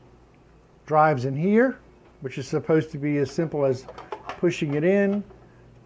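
A 2.5-inch SATA hard drive is being handled at the slot of a Kingwin KF-255-BK SATA hot swap drive rack, where it is meant to be pushed in until it plugs into the SATA connector. Someone talks from about 0.9 to 5.2 seconds over a faint low hum. Nothing has seated or clicked yet.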